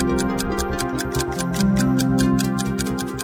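A clock-ticking time-signal effect: sharp crisp clicks in a fast, steady rhythm, repeating about five times a second, laid over a sustained low musical drone that swells slightly midway through.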